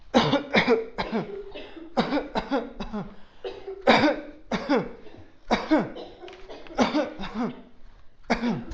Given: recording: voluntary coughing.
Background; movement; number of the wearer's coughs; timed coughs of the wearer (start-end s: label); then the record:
a bystander coughing; walking; 12
0.12-0.45 s: cough
0.52-0.91 s: cough
0.97-1.32 s: cough
1.95-2.34 s: cough
2.34-2.66 s: cough
2.71-3.09 s: cough
3.85-4.21 s: cough
4.49-4.89 s: cough
5.48-5.90 s: cough
6.76-7.11 s: cough
7.11-7.75 s: cough
8.27-8.70 s: cough
From the record:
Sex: male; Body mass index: 20.6 kg/m2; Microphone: on the chest, facing outward